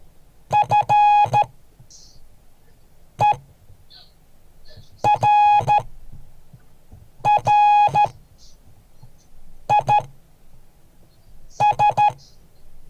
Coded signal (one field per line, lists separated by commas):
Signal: Morse code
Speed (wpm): 13 wpm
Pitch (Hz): 830 Hz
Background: none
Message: FERRIS